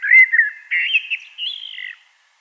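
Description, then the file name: Common blackbird song, a two-second run of low fluted, warbling notes sliding up and down, ending in a slightly higher whistled phrase. "Turdus merula"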